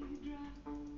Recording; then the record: background sound without coughing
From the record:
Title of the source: BackgroundMusic3